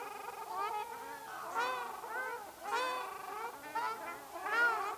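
Ruddy shelduck nasal honking calls, several birds overlapping in bursts of arched, goose-like notes.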